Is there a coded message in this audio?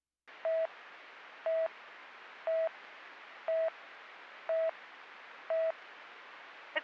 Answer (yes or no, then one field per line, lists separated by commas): no